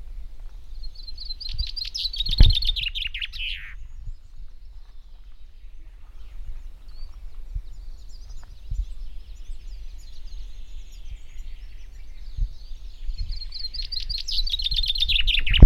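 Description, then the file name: Common chaffinch song: two bright phrases of quick descending notes, one near the start ending in a flourish and one at the end, over low rumbling background noise. "Fringilla coelebs"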